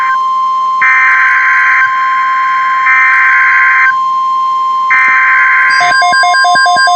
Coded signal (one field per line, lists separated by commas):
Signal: Emergency Alert System (SAME) tones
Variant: header bursts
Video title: TX Online SVAs | Online EAS #15-17